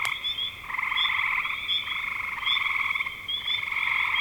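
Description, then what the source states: Frogs trilling together, several pulsed rattling calls following closely, with thin high chirps above; a brief click at the start. Spring 2025.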